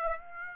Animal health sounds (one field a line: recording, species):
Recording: mosquito wingbeat signal from an infrared sensor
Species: Aedes aegypti